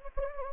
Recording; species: mosquito wingbeat signal from an infrared sensor; Anopheles gambiae